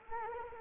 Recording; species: mosquito wingbeat signal from an infrared sensor; Anopheles arabiensis